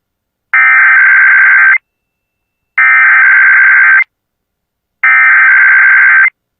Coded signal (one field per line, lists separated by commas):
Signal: Emergency Alert System (SAME) tones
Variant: header bursts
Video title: Columbus Day Weekly Tests (EAS #13516-13521) 10/9/23